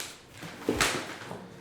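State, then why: Not seated. The folded frame of a Looping Squizz 3 stroller is brought together with its plastic folding hook turned the other way, giving one sharp knock at about 0.8 s, more likely the frame folding than a latch. The hook does not catch the safety tab, so nothing has seated or clicked yet and the tab stays unengaged.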